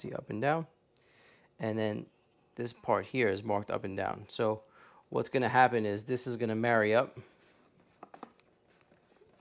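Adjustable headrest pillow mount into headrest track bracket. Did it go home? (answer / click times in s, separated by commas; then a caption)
no / none. Someone talks while an up/down-marked mount part of a Hansshow multifunction adjustable headrest pillow is lined up to slide along the tracks of a headrest track bracket, before the spring-loaded levers are pressed to lock it. Only light handling taps are heard, around 8.0 to 8.8 seconds. Nothing has seated or clicked yet.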